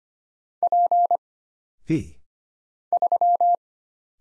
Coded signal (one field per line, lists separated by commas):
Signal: Morse code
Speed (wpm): 25 wpm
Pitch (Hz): 700 Hz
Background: none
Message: P 3